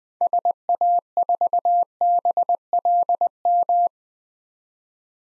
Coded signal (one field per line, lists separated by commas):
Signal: Morse code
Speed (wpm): 20 wpm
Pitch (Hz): 700 Hz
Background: none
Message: SA4BLM